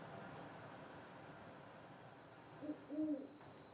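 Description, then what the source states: Great horned owl hooting, a few low hoots near the end after a stretch of steady hiss. Close-up of a great horned owl, though still not that close.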